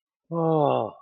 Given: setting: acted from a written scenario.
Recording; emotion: vocal sound without words; awe